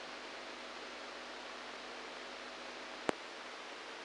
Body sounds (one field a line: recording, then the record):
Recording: brain microelectrode recording played as sound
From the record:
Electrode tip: inside the subthalamic nucleus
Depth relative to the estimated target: -3 mm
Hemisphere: right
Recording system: NeuroSet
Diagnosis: Parkinson's disease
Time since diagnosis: 7 years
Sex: male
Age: 69 years